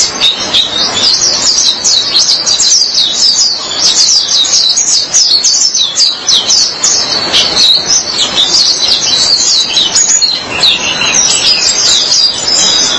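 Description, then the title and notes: White-eye singing a long fast warble of high, thin, tumbling chirps, almost unbroken, with light background noise. "Suara kicauan burung pleci"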